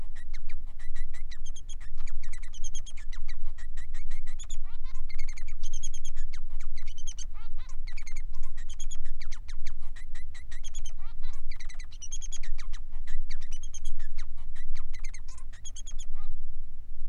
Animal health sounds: song of a male Bengalese finch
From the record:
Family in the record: son of father 3

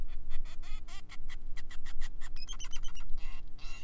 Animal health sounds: song of a male Bengalese finch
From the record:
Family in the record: son of father 5

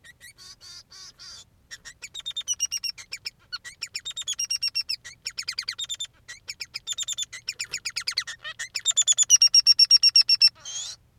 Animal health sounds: song of a male Bengalese finch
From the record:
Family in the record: son of father 3

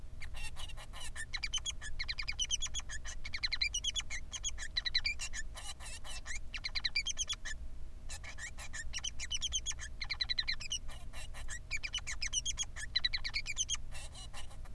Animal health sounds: song of a male Bengalese finch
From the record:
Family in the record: son of father 3

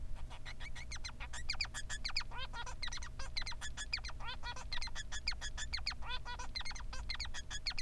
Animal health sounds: song of a male Bengalese finch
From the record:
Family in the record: son of father 3

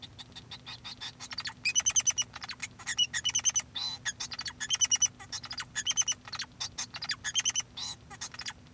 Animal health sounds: song of a male Bengalese finch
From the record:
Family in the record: son of father 2

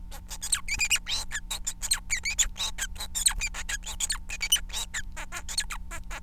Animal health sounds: song of a male Bengalese finch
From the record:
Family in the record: son of father 4

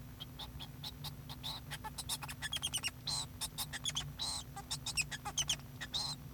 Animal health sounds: song of a male Bengalese finch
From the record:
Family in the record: son of father 2

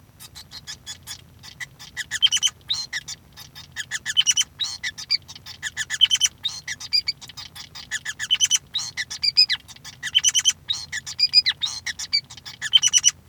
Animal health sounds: song of a male Bengalese finch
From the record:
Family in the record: son of father 5

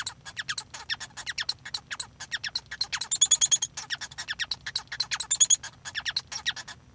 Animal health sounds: song of a male Bengalese finch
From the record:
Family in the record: son of father 1

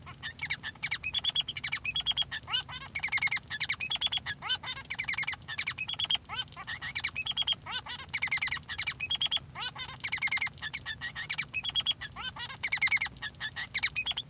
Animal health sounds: song of a male Bengalese finch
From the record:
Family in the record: son of father 3

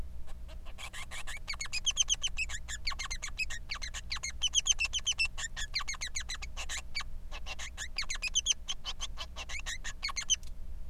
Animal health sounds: song of a male Bengalese finch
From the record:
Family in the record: son of father 3

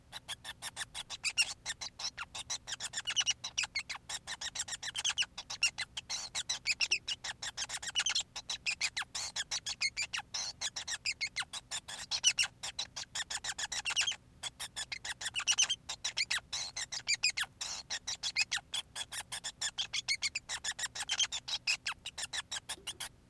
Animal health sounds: song of a male Bengalese finch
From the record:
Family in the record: son of father 5

